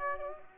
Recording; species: mosquito wingbeat signal from an infrared sensor; Aedes aegypti